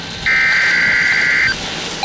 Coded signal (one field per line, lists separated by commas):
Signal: Emergency Alert System (SAME) tones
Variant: header bursts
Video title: Some Storms (EAS Alerts: #339 - 358) - 3/3/23